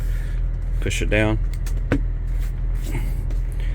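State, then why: Seated. On a 2023 Peterbilt 389 steering wheel, during a smart wheel module repair, the horn pad is pushed down onto its pegs in the steering wheel over a steady low hum while someone talks. A sharp plastic snap at 1.9 s marks the horn pad seating on its pegs.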